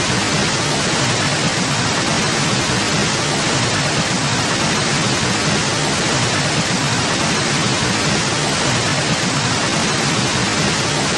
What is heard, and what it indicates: Tinnitus Static Tone.